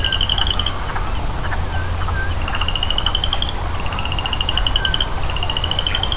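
Boreal chorus frog giving quick, rising, pulsed trills about a second long, one after another, with softer chirps and a constant low-pitched rumble underneath.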